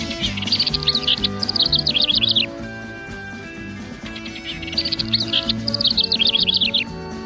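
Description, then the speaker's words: House wren singing: two bubbly, rapid, tumbling trilled songs, each lasting about two seconds. "Here's the house wren singing its song and then giving its version of Yosemite Sam's "Back Off.""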